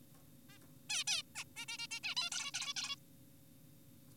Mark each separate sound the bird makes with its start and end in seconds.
0.50-0.58, 0.90-1.04, 1.08-1.22, 1.36-1.44, 1.56-1.66, 1.69-1.78, 1.79-1.87, 1.91-2.00, 2.04-2.15, 2.17-2.30, 2.32-2.52, 2.54-2.74, 2.76-2.96